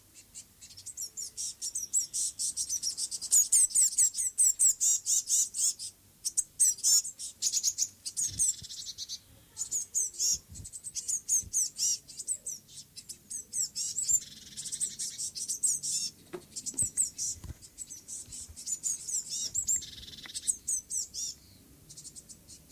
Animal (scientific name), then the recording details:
Cyanistes caeruleus. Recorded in the wild. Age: diverse. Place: Lübars (Fließtal), Berlin, DE. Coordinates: 52.6167, 13.35. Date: 2003-06-01 17:15. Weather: thunderstorm, 25°C. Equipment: Fair Mate ST-1328 (Asahi Electronics, Japan), Sennheiser ME 80, Kopie Uher 4000 Report Monitor. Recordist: Tembrock, Günter